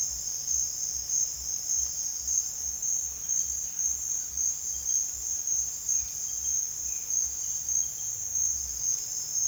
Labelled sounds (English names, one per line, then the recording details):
none
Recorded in secondary vegetation near Puerto Asís, Putumayo, Colombia, on 29 June 2025 at 15:00
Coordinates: 0.485, -76.322
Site GP06